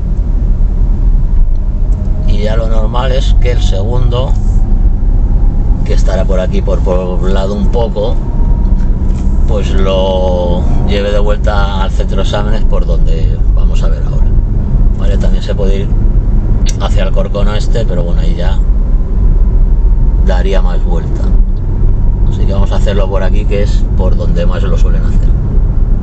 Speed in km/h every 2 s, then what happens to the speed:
21, 26, 28, 31, 37, 39, 41, 42, 42, 39, 38, 41, 43.
0-10 speeds up to 39. 10-26 steady at about 41.